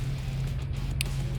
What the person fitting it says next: Make sure it clicks in and it does.